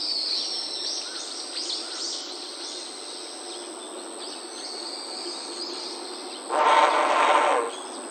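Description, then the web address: Great egret giving one harsh, rasping croak of about a second near the end, with thin high calls of other birds and a steady high hum throughout. Recorded 19 November 2018. "birdenaga daisagi 181119"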